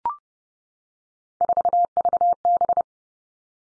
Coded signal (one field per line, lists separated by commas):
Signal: Morse code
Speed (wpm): 30 wpm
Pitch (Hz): 700 Hz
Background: none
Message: 4VB